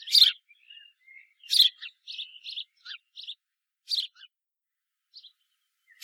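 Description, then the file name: House sparrow giving three loud, harsh cheeps, with quieter chattering notes and a faint thin whistle between them. "Passer domesticus"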